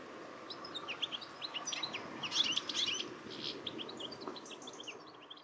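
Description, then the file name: European goldfinch giving soft, quick twittering chirps that come and go throughout, with a steady low background hiss. "Carduelis carduelis"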